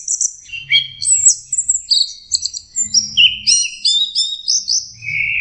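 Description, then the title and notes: Orange-headed thrush song: a rapid run of sweet, varied whistled phrases, some slurred up and down, others short and chattering, with a faint low rumble beneath. Master song recording for training captive birds; teler song style. "Suara Burung Anis Merah Teler. Masteran Anis Kembang"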